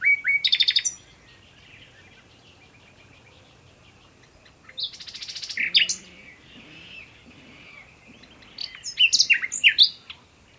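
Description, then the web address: Bird calls in three short bursts of sharp, high chirps and quick twittering notes, separated by quiet gaps of a few seconds. "Bird Only"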